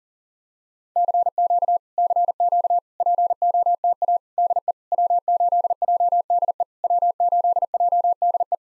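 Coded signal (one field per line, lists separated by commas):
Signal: Morse code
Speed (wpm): 39 wpm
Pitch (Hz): 700 Hz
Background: none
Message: CQ CQ POTA DE W8JDE W8JDE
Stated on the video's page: POTA exchange practice drill in Morse at 40 wpm, each exchange sent, spoken, then sent again.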